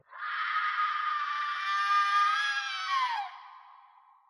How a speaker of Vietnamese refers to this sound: Hứa Tiểu Lan đứng đó, nàng đã nhỏ lệ, rồi nàng hét lên kinh hãi. Tiếng hét nghe inh tai và vang vọng, khiến cho binh lính hai bên phải buông súng mà bịt tai lại vì không biết tiếng động thảm thiết đó phát ra từ đâu.